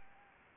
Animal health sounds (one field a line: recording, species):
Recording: mosquito wingbeat signal from an infrared sensor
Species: Anopheles gambiae